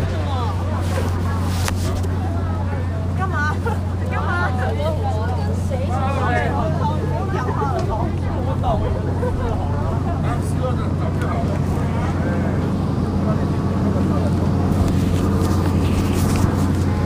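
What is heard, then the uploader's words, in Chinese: Stalls outside the library at a lawn music festival: many overlapping voices chatter continuously, with a few nearer voices standing out between about 3 and 11 seconds. A steady low hum runs underneath the whole time, and the overall loudness stays even. 草地音樂節圖書館外攤位。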